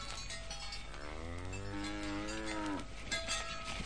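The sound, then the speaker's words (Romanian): A cow named Joiana lets out one long, low moo lasting over a second, its pitch holding steady before dropping off, set against a constant background hiss with no one speaking. “Firai tu să fii de vacă, nătântoală, prostăneacă!”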